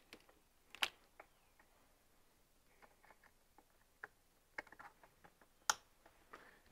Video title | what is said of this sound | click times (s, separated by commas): Adding Mercury VesselView Mobile to 90hp outboard, Bayliner Element E16, E18, E21 | hear that click | 5.7 s